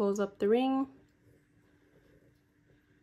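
A metal jump ring on the opposite side of a necklace connector is being closed with pliers. Someone talks for the first second, then only a quiet, steady low hum remains. Nothing has clicked or seated yet.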